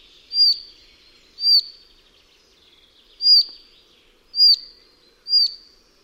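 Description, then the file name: Collared flycatcher calling: five short, sharp high whistles at irregular intervals of about one to two seconds, with little else audible. "MUCHOŁÓWKA BIAŁOSZYJA"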